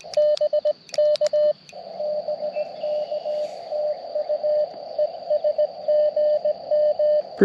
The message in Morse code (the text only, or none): BK BK TU ES GM